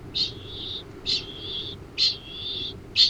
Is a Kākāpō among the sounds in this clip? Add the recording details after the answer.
yes. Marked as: faintness 2/5. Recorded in New Zealand. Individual Arab